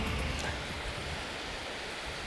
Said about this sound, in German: Wie ihr hört, hört ihr Wellen. Ich sitze hier in der Nähe von Maasholm am Ostseestrand.